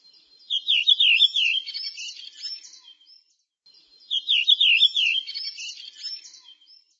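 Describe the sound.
Bird calling in two bursts about three seconds apart, each a high wavy run of slurred whistled notes that breaks into a busy twittering chatter, with quiet between.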